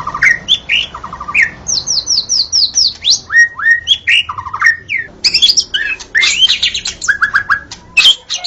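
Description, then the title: White-rumped shama singing a varied medley of clear whistles, quick repeated descending notes and scratchy trills, delivered in rapid phrases. Natural song of a forest white-rumped shama. "Kicau Asli Murai Batu Hutan"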